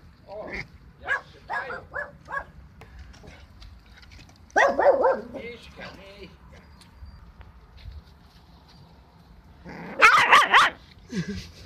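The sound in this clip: Dog barking: a quick run of short yips in the first two and a half seconds, a louder bark near five seconds, and a harsh bark burst around ten seconds.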